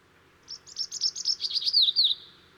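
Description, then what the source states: Bird song: a quick run of high buzzy notes, ending in a few sharp downslurred whistles; quiet background. Aberrant song.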